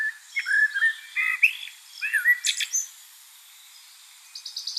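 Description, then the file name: Common blackbird song: low, smooth fluted notes in short phrases with a high squeak, then a quick run of thin high notes at the end. "Turdus merula"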